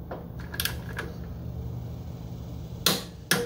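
A torque wrench set to 86 ft-lb tightens the clutch retaining bolt while a holding tool keeps the clutch from turning. A few light ratcheting ticks come first, then a sharp transient at about 2.9 s. The wrench breaks over with a loud click at 3.3 s, confirming the bolt has reached the set torque.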